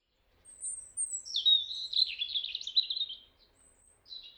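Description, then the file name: European robin song: a high thin whistle leads into a long, rippling, slightly scratchy warble, followed by a short new phrase. "Erithacus rubecula"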